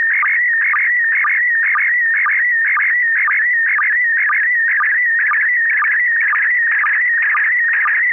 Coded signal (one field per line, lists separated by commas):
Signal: SSTV (slow-scan television)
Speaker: this is kp4md this is a uh a view of the uh uh it's a transceiver it's a Chinese transceiver it's the USDX plus it's a single board